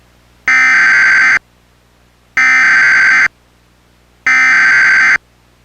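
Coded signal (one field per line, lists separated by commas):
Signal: Emergency Alert System (SAME) tones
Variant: header bursts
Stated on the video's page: Fictional mock alert made with cable-system alert screens without Adobe software.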